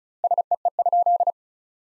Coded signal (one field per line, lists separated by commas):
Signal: Morse code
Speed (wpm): 34 wpm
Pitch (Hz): 700 Hz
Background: none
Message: SEE?